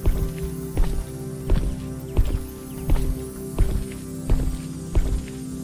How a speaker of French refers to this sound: À présent, cessez votre mouvement de bras et piétinez toutes les émotions négatives qui sont dans le cercle de pierre. Faites-le avec des pas lourds, comme le faisaient autrefois les vignerons pour fouler le raisin afin d'en extraire le jus.